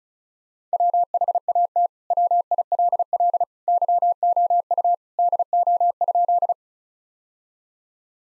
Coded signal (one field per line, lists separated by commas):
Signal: Morse code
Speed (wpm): 36 wpm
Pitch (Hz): 700 Hz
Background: none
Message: WHAT WILL YOU DO?